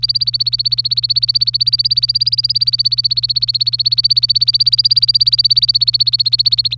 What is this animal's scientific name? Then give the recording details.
Serinus canaria. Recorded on 25 April 2018 at 09:09. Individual llb3